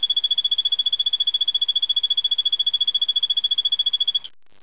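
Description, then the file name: Golfodulcean poison frog trill, a high, even series of quick pulses held for over four seconds before stopping abruptly. Calling male. "Phyllobates vittatus calling male"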